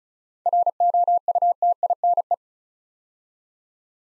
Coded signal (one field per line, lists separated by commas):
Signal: Morse code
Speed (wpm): 36 wpm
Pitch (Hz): 700 Hz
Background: none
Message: ROUTINE